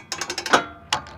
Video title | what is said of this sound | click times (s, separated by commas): How to Operate the Mobile High Power Speaker Array | and then you're gonna manually crank it until you hear the click okay | 0.9 s